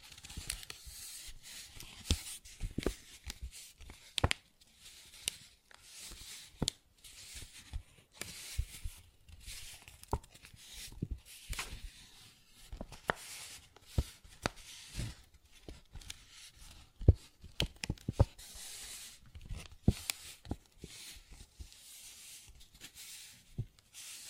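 A paper bag is tapped and scratched in irregular, dense bursts of crisp rustling and sharp taps throughout, with frequent brief pauses.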